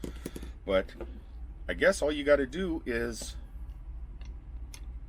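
An action camera's mounting piece is slid into the mount of a floating hand grip while someone talks. After the talk, faint ticks follow, with a sharp tick at 4.7 s as the mount seats in place.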